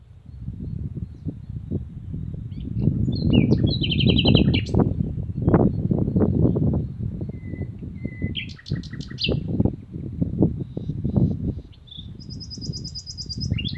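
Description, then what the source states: Frogs: dense, loud low croaking runs throughout, with several phrases of quick bird chirps and short buzzy trills coming and going above. Spring frog croaking on the Lomnica canal near Odra, with frogs twittering, 10 May 2020.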